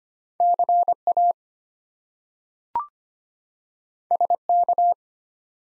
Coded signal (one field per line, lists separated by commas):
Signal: Morse code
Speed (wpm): 25 wpm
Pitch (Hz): 700 Hz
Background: none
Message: CA SK